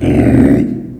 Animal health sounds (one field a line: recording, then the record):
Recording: squeal of a Yucatan mini pig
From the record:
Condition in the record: after surgery on the right vocal fold (resection and tissue-engineered implant)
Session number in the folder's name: 1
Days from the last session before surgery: 13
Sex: female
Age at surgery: 19 weeks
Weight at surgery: 25 kg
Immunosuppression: prednisolone